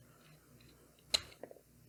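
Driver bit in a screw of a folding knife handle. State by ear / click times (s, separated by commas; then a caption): stripped / 1.2 s. While screwing a titanium frame-lock folding knife back together, the driver bit cams out of a small screw head in the handle with a sharp metallic snap at 1.2 s, followed by a few fainter ticks. The bit slips out of the screw rather than turning it.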